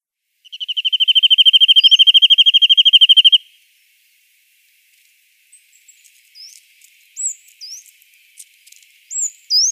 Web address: Schulze Peter Corsican Nuthatch calls